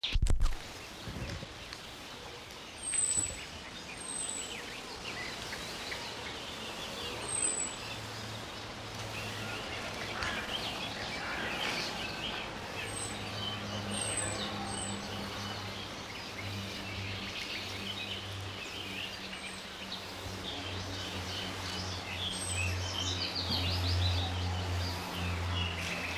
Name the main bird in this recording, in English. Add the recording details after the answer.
Eurasian Penduline Tit. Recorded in the wild. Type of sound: call. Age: adult. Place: Mühlenbeck, Brandenburg, DE. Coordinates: 52.6736, 13.3908. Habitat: pond. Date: 1988-05-29 12:10. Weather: sunny, 20-26°C. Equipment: Nagra SN (Automatik), Kopie Tesla B 116. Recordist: Tembrock, Günter. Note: Mühlenbeck-Buchhorst (Teiche). "Ziieh"-Rufe